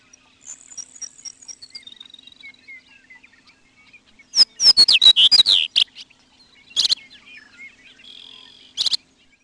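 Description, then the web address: Chestnut-collared Longspur: short high chirps and thin whistles, then a burst of loud rapid notes near the middle, followed by two sharp isolated calls. "Peterson North American Birds"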